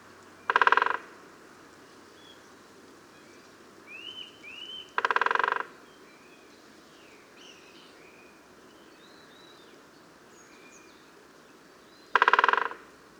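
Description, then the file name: Great spotted woodpecker drumming in three short, rapid rolls, spaced several seconds apart, with faint chirps of other birds in the background. "Great Spotted Woodpecker Dendrocopos major"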